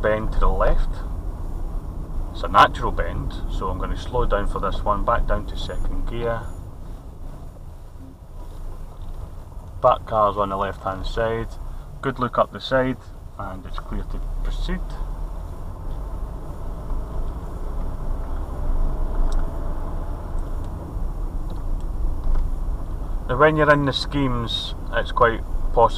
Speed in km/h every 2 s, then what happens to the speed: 26, 26, 19, 10, 10, 10, 10, 15, 21, 27, 27, 26, 24.
2-6 brakes to 10. 6-12 steady at about 10. 12-18 speeds up to 27. 18-26 steady at about 26.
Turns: 6-11.